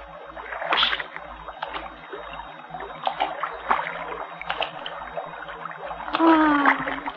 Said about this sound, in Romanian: Ei, atunci să trag mai tare la rame, să tai Dunărea. Vă trec de-a drept.